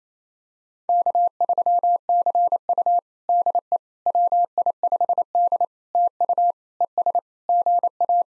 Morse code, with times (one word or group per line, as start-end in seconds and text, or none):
0.9-3.0 K3CU
3.3-3.8 DE
4.1-5.6 WI5D
5.9-6.5 TU
6.8-7.2 ES
7.5-8.2 GA